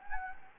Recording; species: mosquito wingbeat signal from an infrared sensor; Anopheles gambiae